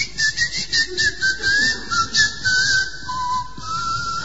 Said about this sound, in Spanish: Pero antes era mi voz, hasta que me quedé afónico como hoy y tuve que dormir afuera. Entonces lo cambié por el chiflido.